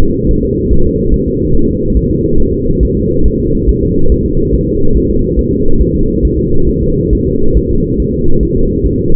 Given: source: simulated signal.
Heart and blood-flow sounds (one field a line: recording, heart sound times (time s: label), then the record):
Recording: fetal heart sounds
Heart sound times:
0.02 s: S2
0.31 s: S1
0.45 s: S2
0.72 s: S1
0.87 s: S2
1.14 s: S1
1.28 s: S2
1.55 s: S1
1.69 s: S2
1.97 s: S1
2.11 s: S2
2.40 s: S1
2.54 s: S2
2.83 s: S1
2.97 s: S2
3.26 s: S1
3.40 s: S2
3.69 s: S1
3.83 s: S2
4.12 s: S1
4.26 s: S2
4.54 s: S1
4.68 s: S2
4.96 s: S1
5.10 s: S2
5.39 s: S1
5.53 s: S2
5.81 s: S1
5.95 s: S2
6.25 s: S1
6.39 s: S2
6.69 s: S1
6.83 s: S2
7.13 s: S1
7.27 s: S2
7.57 s: S1
7.71 s: S2
8.00 s: S1
8.14 s: S2
8.43 s: S1
8.57 s: S2
8.85 s: S1
9.00 s: S2
From the record:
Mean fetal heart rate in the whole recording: 140 bpm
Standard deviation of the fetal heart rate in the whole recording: 2 bpm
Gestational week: 34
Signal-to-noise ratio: -19.1 dB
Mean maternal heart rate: 72 bpm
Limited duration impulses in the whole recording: present